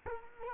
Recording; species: mosquito wingbeat signal from an infrared sensor; Culex quinquefasciatus